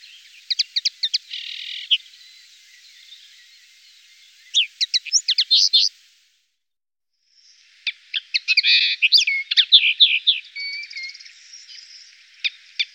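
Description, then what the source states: Common linnet song: rapid high twittering phrases with buzzy notes and quick trills, broken by a silent pause midway, then a longer, denser burst of varied chirps. Songbird from Germany, Austria or Switzerland.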